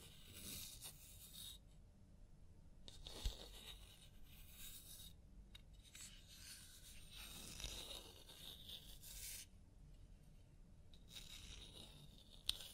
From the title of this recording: Personal Attention Scalp Massage, Hair Wash